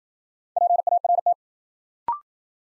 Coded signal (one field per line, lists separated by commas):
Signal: Morse code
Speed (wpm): 53 wpm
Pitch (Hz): 700 Hz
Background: none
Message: PART